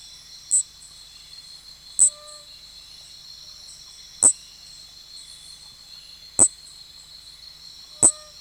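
Nesobia mjobergi: an insect keeps up an unbroken high drone. Sharp clicks come about every two seconds over the steady buzz.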